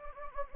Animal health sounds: mosquito wingbeat signal from an infrared sensor; Anopheles gambiae

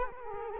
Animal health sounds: mosquito wingbeat signal from an infrared sensor; Culex quinquefasciatus

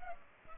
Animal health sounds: mosquito wingbeat signal from an infrared sensor; Culex pipiens

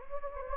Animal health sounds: mosquito wingbeat signal from an infrared sensor; Anopheles gambiae

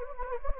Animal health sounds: mosquito wingbeat signal from an infrared sensor; Anopheles gambiae

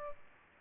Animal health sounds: mosquito wingbeat signal from an infrared sensor; Culex pipiens

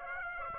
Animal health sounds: mosquito wingbeat signal from an infrared sensor; Aedes aegypti

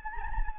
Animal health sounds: mosquito wingbeat signal from an infrared sensor; Anopheles gambiae

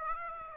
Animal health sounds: mosquito wingbeat signal from an infrared sensor; Aedes aegypti

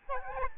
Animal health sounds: mosquito wingbeat signal from an infrared sensor; Aedes albopictus

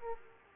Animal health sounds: mosquito wingbeat signal from an infrared sensor; Aedes aegypti

